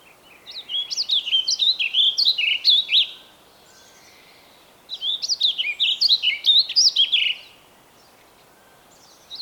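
Bird song in two energetic phrases of rapid, high warbled notes, each about three seconds, with a quiet break between and a faint background hiss.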